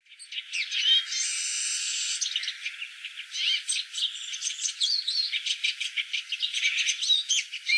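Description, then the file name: Eurasian siskin song with a sustained wheezing buzz after a few opening notes, followed by a steady stream of quick, high twittering notes and short trills. "tarin des aulnes"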